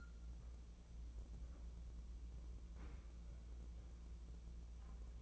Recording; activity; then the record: daily activity, microphone in the room; wipe stove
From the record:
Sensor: 1